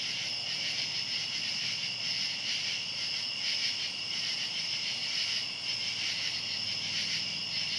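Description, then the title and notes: High, continuous cicada drone with a subtle pulsing quality, the chorus unchanging from start to finish over faint low noise. Outdoors at night. "Ext. Cicadas, Night by Bandeto"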